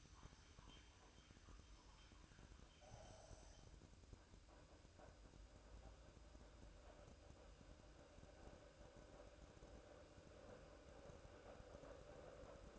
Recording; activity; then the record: daily activity, microphone in the room; make coffee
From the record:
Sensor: 2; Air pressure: 1007.3 hPa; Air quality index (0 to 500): 49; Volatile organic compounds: 1 ppm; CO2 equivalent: 566 ppm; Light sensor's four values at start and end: 6/13/5/6 and 6/14/6/6